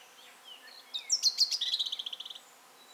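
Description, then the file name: European robin song: a brief phrase of high thin notes flowing into a fast, evenly spaced trill that gradually fades, over faint background hiss. "Erithacus rubecula"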